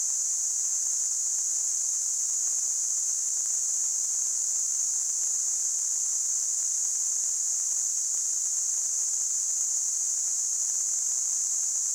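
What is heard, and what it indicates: Simulated tinnitus: a steady, continuous high-pitched hissing tone band centred around 6–8 kHz, unchanging in pitch and loudness throughout, with nothing in the low frequencies.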